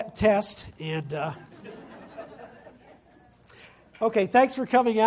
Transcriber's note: laughter